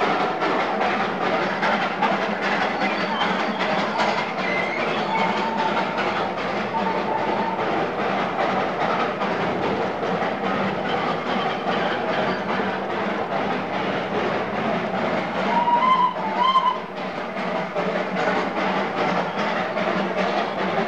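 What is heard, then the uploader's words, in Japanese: A small mountain train labors up a steep grade with a dense, steady rumble and quick, regular clatter of wheels and chuffing. Around sixteen seconds a brief squeal or whistle rises above the noise, then the even churning continues. ダージリン鉄道～勾配を上がるトイトレイン。インドのダージリン鉄道。車内で録音していますが、勇壮なまでの走行音を奏でています。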